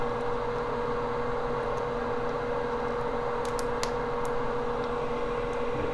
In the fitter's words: snaps in place perfectly thank you